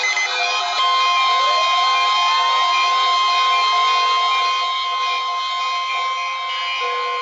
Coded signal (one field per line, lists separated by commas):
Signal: Emergency Alert System (SAME) tones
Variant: 1050 Hz attention tone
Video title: HELLA LATE... Required Weekly Test (EAS #210-213)